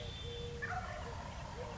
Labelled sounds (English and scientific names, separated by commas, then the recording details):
Wild Turkey (Meleagris gallopavo)
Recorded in Sonoma County, California